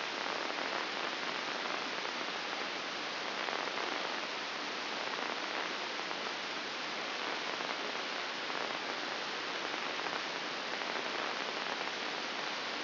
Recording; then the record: brain microelectrode recording played as sound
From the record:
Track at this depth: outside the subthalamic nucleus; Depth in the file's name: 7.46 mm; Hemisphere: left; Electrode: 2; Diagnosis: Parkinson's disease